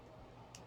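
An earring component is pushed onto both sides of a metal jewelry ring, where two clicks show it is on both sides. Over a low steady background hum, one short, sharp click sounds at 0.6 s as the piece snaps onto the ring and seats.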